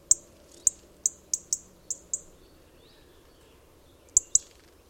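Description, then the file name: European robin: sharp clicking ticks from a European robin, a steady run of seven fairly evenly spaced, then a silent stretch and two final ticks close together. "Erithacus rubecula"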